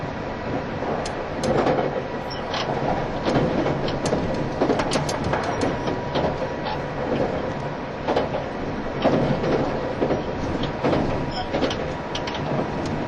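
Running sound of a JR East E351 series tilting train on a Super Azusa service: a steady, dense rumble with a low mid-range roar that holds throughout. Frequent sharp clicks and rattles recur irregularly over it, and faint steady tones sit in the background.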